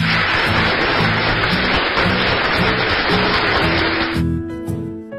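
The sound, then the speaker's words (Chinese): Dense, steady applause from a crowd applauding the debaters of both sides at the end of a debate competition fills the first four seconds with a loud, even crackle over pulsing background music, then cuts off, leaving the music alone. “本次比赛的获胜方是正方以及反方，让我们为双方辩手的精彩的表现热烈鼓掌。”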